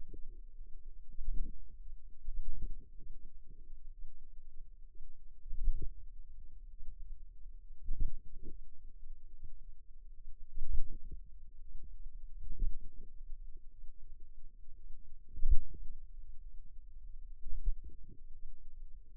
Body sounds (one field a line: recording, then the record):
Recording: forearm muscle sounds (acoustic myography)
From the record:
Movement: pen grasping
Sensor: system 2, bracelet of six BSWA MPA416 microphones around the upper forearm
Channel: 5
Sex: female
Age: 22 years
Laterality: right